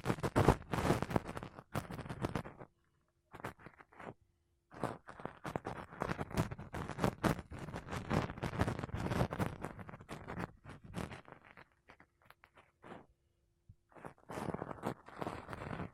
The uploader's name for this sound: Mic Brushing Using Makeup Brushes and Sponge